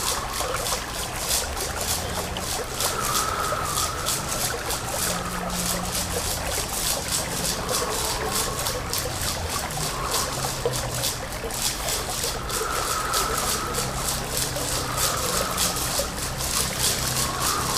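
Water trickles and washes steadily under a fast, regular shaker pulse that runs the whole way through. Low sustained string or voice tones shift slowly underneath, and a brighter held note swells up every few seconds. The level stays even throughout.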